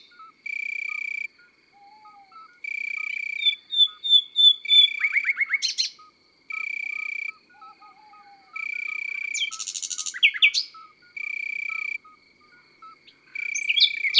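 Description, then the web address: Common nightingale song in short, varied bursts: a series of thin whistles, rapid sweeping notes and a buzzy pulsed phrase. Even buzzing blocks recur every couple of seconds, with soft chirps. Countryside setting. "Rossignol philomele Chants doiseaux dans la campagne. album chants-doiseaux-dans-la-campagne"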